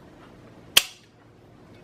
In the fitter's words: snaps right in place and then we'll repeat on this side alright